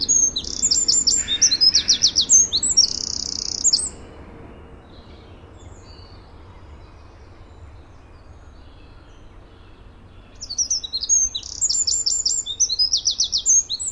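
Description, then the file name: Eurasian wren singing a loud, very high rapid trill mixed with sharp notes, then a quiet pause of several seconds before another burst begins. "Troglodytes troglodytes"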